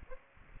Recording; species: mosquito wingbeat signal from an infrared sensor; Aedes aegypti